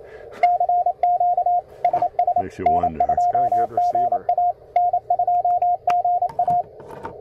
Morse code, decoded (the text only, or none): CQ SS N2GA N2GA